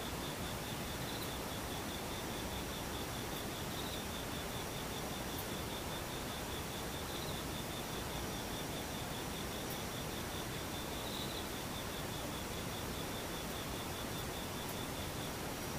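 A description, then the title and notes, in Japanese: Insects call in a steady, rapid pulsing trill over a dense, unbroken outdoor hiss, with faint high ticks now and then. ツクツクホーシからムシ。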